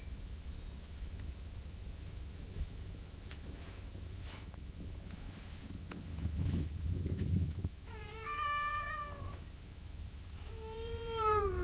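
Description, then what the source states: Cat meowing: quiet rustling at first, then a clear meow around eight seconds and another at the end. Cat gently meowing at long intervals.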